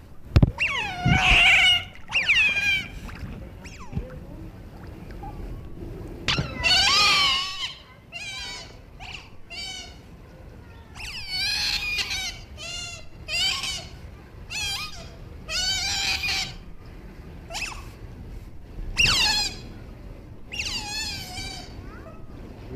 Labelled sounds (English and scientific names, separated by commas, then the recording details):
European Otter (Lutra lutra) call
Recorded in captivity
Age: juvenile
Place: Tierpark Berlin, Berlin, DE
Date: 1964-11-29 12:30
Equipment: Telefunken Magnetophon 300, Sennheiser MD 421, Transistorverstärker, Kopie Smaragd
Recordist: Tembrock, Günter
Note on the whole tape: Halbwüchsige: diverse Laute. Abstand 2-4 m